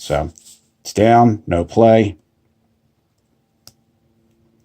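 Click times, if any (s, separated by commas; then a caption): 3.7 s. Someone talks, then levers up the safety catch lever on a metal watch bracelet clasp, giving one sharp click at 3.7 seconds. The catch is released, so the clasp now has play.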